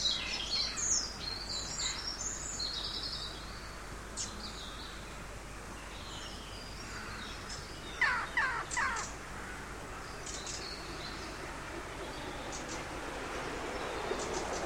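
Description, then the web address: Birds chirping: high thin twitters at the start, then a short cluster of sharper notes midway, over a steady background hiss. Birds singing in an empty street of a big city. "canto de pajaros en una calle vacia de una gran ciudad"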